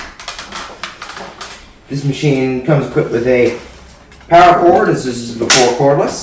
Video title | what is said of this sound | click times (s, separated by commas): Dyson DC01 Bagless upright vacuum Overview and Demonstation | back into the machine and it will click into place. | 0.8 s